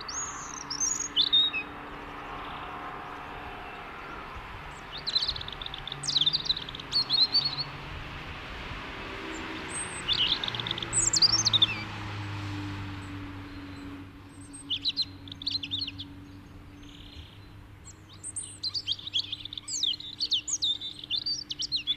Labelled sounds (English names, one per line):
European Robin song